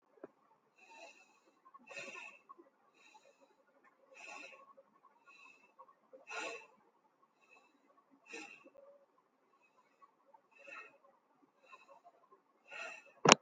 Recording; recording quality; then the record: deep breathing; excellent, no background noise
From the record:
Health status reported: healthy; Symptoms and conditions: none ticked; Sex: male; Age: 46 years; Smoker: not ticked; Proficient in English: yes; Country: India